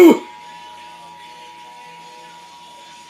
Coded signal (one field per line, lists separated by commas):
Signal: Emergency Alert System (SAME) tones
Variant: 853 and 960 Hz attention tone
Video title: Indiana's RMT on WNIN-TV (EAS #32)